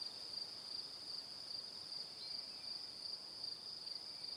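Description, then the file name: Crickets chirping in a steady high-pitched chorus, pulsing about two to three times a second, with faint background hiss. Evening. "Calm - Evening Crickets"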